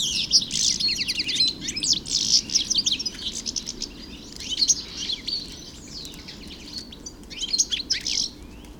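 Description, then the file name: European goldfinch twittering song, a rapid, tinkling jumble of high chirps and trills in bursts, with brief pauses between phrases. Recorded in the Hofgarten park, Landshut, Germany, on 3 February 2015. "Stieglitz 03 02 2015 Landshut Hofgarten Susanne Rieck"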